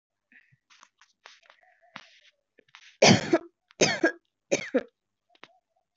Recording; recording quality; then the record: heavy voluntary cough; excellent, no background noise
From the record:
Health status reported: exposed to COVID-19, no respiratory illness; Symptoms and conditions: none ticked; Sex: female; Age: 28 years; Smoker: not ticked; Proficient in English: no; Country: India